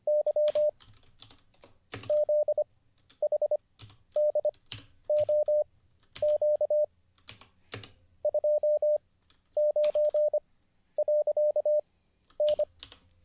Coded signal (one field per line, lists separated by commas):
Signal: Morse code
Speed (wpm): 25 wpm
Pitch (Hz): 600 Hz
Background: none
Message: Y ZHDOQ 29.N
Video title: Let's Get Back to Learning Morse Code (Day 35) [Livestream]